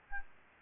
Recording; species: mosquito wingbeat signal from an infrared sensor; Aedes albopictus